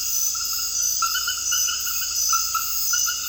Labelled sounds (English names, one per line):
none